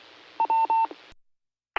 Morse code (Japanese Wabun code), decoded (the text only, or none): none